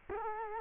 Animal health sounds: mosquito wingbeat signal from an infrared sensor; Culex quinquefasciatus

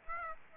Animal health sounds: mosquito wingbeat signal from an infrared sensor; Aedes aegypti

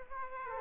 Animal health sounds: mosquito wingbeat signal from an infrared sensor; Aedes aegypti

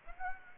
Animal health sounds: mosquito wingbeat signal from an infrared sensor; Aedes aegypti

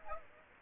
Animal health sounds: mosquito wingbeat signal from an infrared sensor; Aedes aegypti

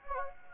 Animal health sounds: mosquito wingbeat signal from an infrared sensor; Anopheles gambiae

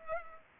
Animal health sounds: mosquito wingbeat signal from an infrared sensor; Culex pipiens

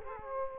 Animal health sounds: mosquito wingbeat signal from an infrared sensor; Culex quinquefasciatus

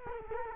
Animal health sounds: mosquito wingbeat signal from an infrared sensor; Culex quinquefasciatus

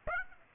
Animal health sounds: mosquito wingbeat signal from an infrared sensor; Aedes aegypti

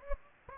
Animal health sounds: mosquito wingbeat signal from an infrared sensor; Anopheles gambiae

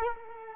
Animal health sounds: mosquito wingbeat signal from an infrared sensor; Culex quinquefasciatus

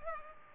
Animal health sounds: mosquito wingbeat signal from an infrared sensor; Culex pipiens

